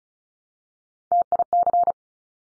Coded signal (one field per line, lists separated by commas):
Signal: Morse code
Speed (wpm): 36 wpm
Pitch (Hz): 700 Hz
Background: none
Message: TIC